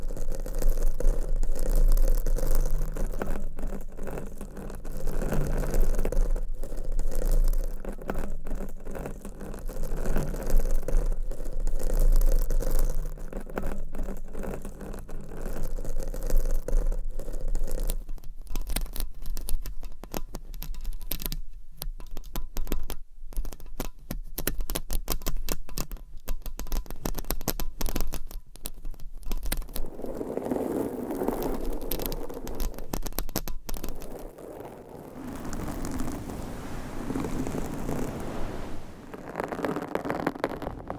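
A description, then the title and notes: Dense scratching and rubbing on a microphone, with constant scraping and rattling texture. A steady low hum sits under the first half, then gives way to rapid choppy scratches near the middle and softer, muffled rubbing toward the end. ASMR Mic Scratching Brain Scratching with 50 DIFFERENT MICS Covers & Nails No Talking.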